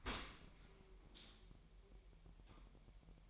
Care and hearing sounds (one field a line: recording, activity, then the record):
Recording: daily activity, microphone in the room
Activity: open dishwasher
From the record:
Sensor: 1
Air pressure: 1000.5 hPa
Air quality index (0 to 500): 246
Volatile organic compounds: 138 ppm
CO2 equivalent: 3969 ppm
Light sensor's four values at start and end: 11/27/11/12 and 11/27/11/12